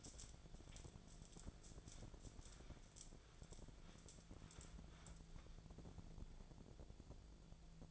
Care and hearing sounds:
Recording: daily activity, microphone in the room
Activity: wipe stove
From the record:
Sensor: 5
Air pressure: 1000.6 hPa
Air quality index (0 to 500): 156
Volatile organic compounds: 2 ppm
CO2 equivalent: 1196 ppm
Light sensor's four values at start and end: 50/107/49/55 and 53/115/52/58

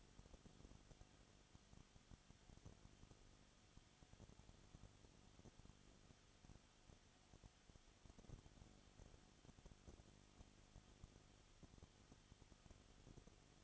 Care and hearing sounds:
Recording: daily activity, microphone in the room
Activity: no activity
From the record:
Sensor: 4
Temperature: 22.7 degrees Celsius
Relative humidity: 31.7%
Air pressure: 995.4 hPa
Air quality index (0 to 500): 158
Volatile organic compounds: 2 ppm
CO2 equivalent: 1254 ppm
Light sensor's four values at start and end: 2/3/1/1 and 2/3/1/1

